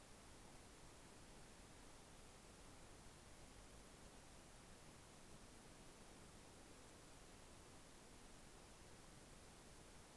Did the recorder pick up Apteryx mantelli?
no